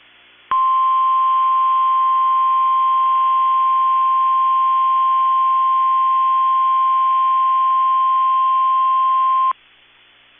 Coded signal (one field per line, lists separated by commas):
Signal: Emergency Alert System (SAME) tones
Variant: 1050 Hz attention tone